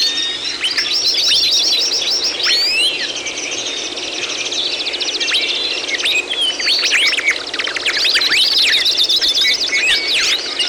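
A steady, crowded bird chorus with rapid repeated chirps, rolling trills and high slurred whistles layered together from start to finish.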